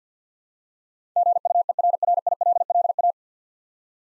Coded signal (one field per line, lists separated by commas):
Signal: Morse code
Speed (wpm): 53 wpm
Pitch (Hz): 700 Hz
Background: none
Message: GUERRILLA